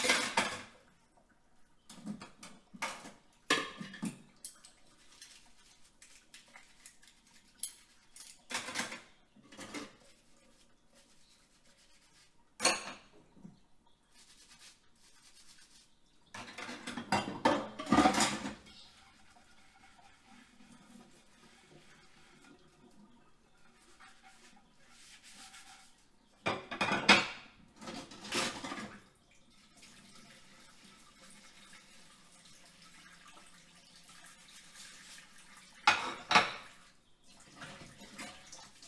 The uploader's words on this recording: Evening Dishes and Kitchen Redding. Washing dishes, running water, cupboards and drawers opening and closing in a quiet house as I redd up the kitchen for the next day.